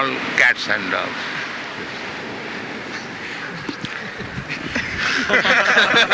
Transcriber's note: laughter